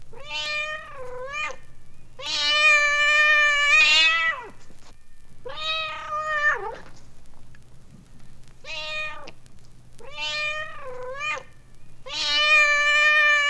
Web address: cat meows